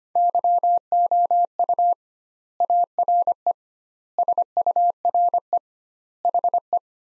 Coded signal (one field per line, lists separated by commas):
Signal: Morse code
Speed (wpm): 25 wpm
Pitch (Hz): 700 Hz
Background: none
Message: YOU ARE SURE HE